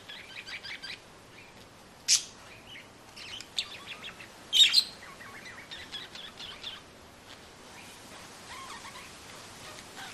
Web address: dos loros gorjean en la calle fuerte viento en los arboles